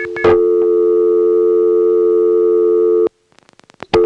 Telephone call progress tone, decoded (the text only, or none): dial tone